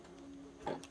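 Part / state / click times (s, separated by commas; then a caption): wiring harness connector onto mass air flow sensor / not seated / none. A wiring harness connector is being handled and pushed onto the replacement mass air flow sensor of a 2013 Chevy Malibu with the 2.5 L Ecotec engine; it should click so it is known to be fully on. Over a steady low hum, a brief scuffing burst of handling noise comes at about 0.7 s, followed by a very short high tick near 0.8 s. Nothing has seated or clicked yet, as the connector is not yet home.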